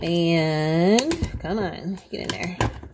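An abrasive sanding wheel of about 180 grit is pushed and coaxed onto the head of a handheld rotary sander while someone talks, with a few light handling knocks. The wheel has not seated or clicked into the tool yet.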